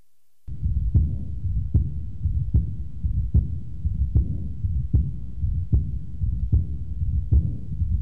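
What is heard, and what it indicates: Regular heartbeat near 75 a minute in an adult with chronic severe aortic valve insufficiency: a soft, high-frequency whispering early diastolic decrescendo murmur that dies out during diastole, heard best at the right or left lower sternal border.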